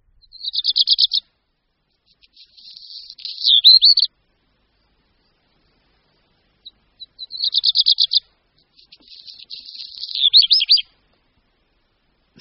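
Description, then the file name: Black redstart song repeated twice, each opening with a quick stuttering rattle, then a gap, a dry crackling section and a twisting final phrase. "Rehek-domácí"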